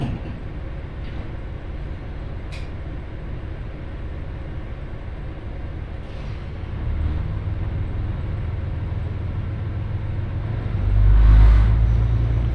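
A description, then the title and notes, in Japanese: A train ride on the Ibara Railway between Souun-no-Sato Ebara and Soja, with a steady low rumble running throughout. A faint hum rises gradually from about seven seconds, brief ticks come at two and six seconds, and a louder rushing swell arrives near eleven seconds. 耳で楽しむ鉄道旅 井原鉄道 早雲の里荏原→総社。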